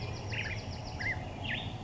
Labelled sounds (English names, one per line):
Bewick's Wren